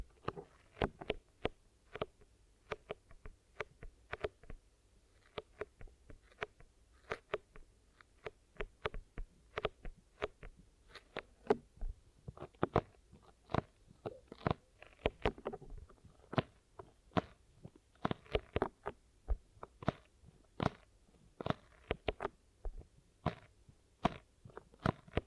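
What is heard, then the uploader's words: Ear massage and cleaning, as a dense run of sharp, sticky clicks and crackles, two or three every second at an uneven pace. Some pops are louder and brighter than others. A faint low rumble stays steady underneath throughout. ASMR Sleepy Glue Ear Massage and Cleaning (No Talking).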